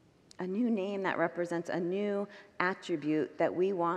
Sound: none